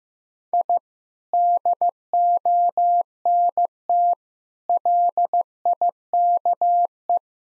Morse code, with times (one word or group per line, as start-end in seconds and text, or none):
0.5-0.8 I
1.3-4.1 DONT
4.7-7.2 LIKE